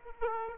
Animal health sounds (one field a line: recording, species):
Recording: mosquito wingbeat signal from an infrared sensor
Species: Aedes aegypti